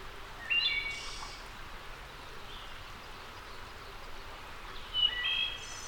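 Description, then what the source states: Wood thrush song: a liquid whistled phrase capped by a high buzzy trill, repeated a few seconds later, over quiet background hiss. Returning wood thrush.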